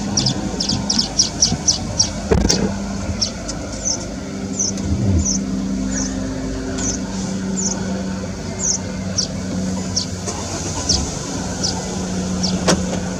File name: Streaked weaver alok